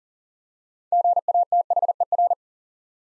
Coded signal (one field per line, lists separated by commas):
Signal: Morse code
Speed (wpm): 40 wpm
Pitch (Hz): 700 Hz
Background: none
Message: GATHER